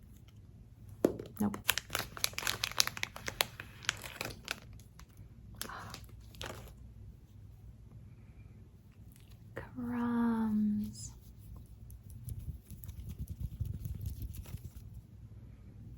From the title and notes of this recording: ASMR Fast Paced Squishy + Crinkly Triggers.